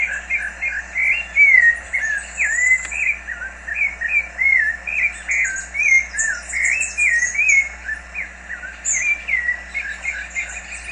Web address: cantos sabias laranjeira